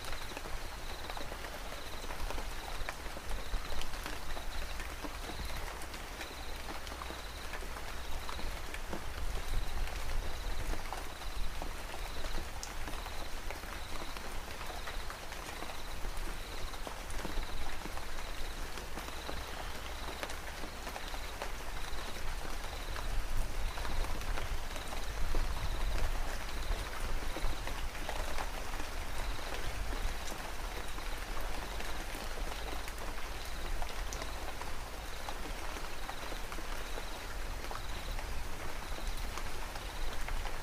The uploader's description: the rain, crickets, and occasional birds chirping